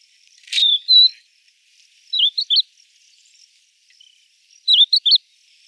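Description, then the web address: Crested lark calls: a sharp downslurred note, then a short whistled note, and two short bursts of quick, twisting notes about two and a half seconds apart. "galerida cristata call"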